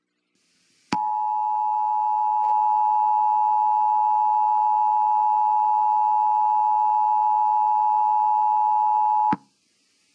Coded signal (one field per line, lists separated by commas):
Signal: Emergency Alert System (SAME) tones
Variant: 853 and 960 Hz attention tone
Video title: EAS Scenario : The Minimighty Kids